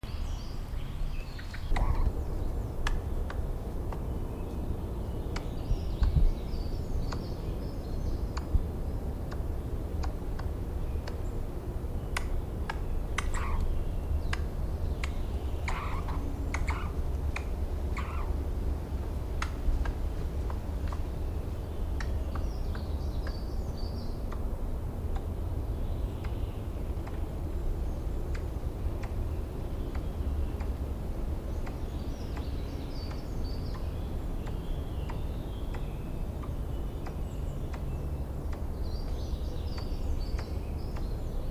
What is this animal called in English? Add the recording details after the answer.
Eurasian Red Squirrel. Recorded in the wild. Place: Runding, Bayrischer Wald, Bayern, DE. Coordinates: 49.2158, 12.8067. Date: 2004-06-30. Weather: fair, 15°C, light to moderate winds. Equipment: Tascam DA-P1, Sennheiser MKH 70, Windkorb. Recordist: Frommolt, Karl-Heinz